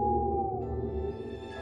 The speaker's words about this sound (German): Eulen, magische Geschöpfe. Wir gruseln uns beim unheimlichen Huhu des Waldkauzes, Soundtrack vieler Horrorfilme,